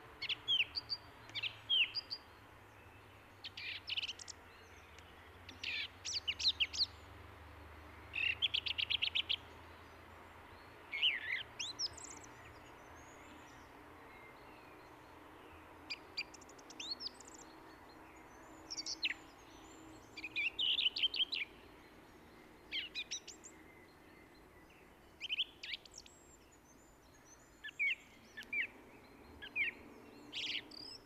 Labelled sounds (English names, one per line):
Song Thrush song